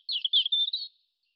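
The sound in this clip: European robin song: a single short, liquid warbled phrase lasting about a second against silence.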